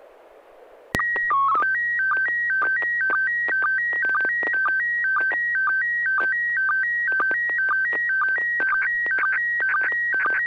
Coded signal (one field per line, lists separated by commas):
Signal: SSTV (slow-scan television)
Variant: PD 120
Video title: N6NA SSTV Net - 01/12/2022